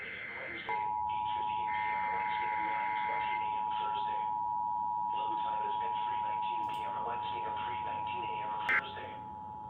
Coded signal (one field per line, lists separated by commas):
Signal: Emergency Alert System (SAME) tones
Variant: 853 and 960 Hz attention tone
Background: speech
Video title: IP - Required WEEKLY Test and SNOW SQUAIL WARNINGS - NO EAS